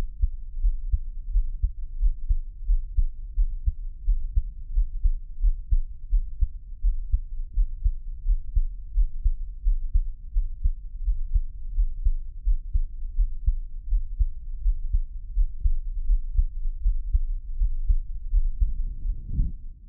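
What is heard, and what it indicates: Steady, muffled low thumps repeat at about 86 beats a minute, with a soft background hum and no talking: an adult's own heartbeat, heard close up for Taiwanese ASMR. A brief rustle of handling noise comes near the end.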